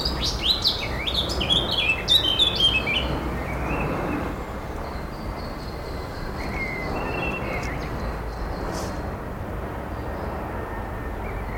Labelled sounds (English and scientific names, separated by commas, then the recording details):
Eurasian Blackcap (Sylvia atricapilla)
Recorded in the wild
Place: Schloßpark Niederschönhausen, Berlin, DE
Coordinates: 52.58, 13.4
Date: 1996-05-26 17:05
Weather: wechselnd wolkig, 17°C
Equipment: Sony MD-WM MZ-R3, Sennheiser MKH 416 T, Kopie Uher 4000 Report Monitor
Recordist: Tembrock, Günter
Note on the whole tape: Gesang